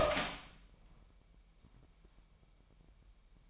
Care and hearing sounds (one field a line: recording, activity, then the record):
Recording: daily activity, microphone in the room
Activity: open door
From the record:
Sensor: 1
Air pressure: 998.4 hPa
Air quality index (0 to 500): 130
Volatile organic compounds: 4 ppm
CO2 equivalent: 1559 ppm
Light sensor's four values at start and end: 19/62/25/26 and 19/62/25/26